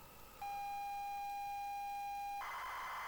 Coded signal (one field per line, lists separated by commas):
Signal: ZX Spectrum tape loading